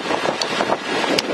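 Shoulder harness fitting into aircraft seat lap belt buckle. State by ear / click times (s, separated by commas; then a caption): seated / 0.4 s, 1.2 s. In an aircraft cockpit, the shoulder harness strap is pulled until its fitting clicks into the seat's lap belt buckle, with sharp clicks at 0.4 s and 1.2 s over a steady broadband wind-like rumble. The fitting seats in the buckle.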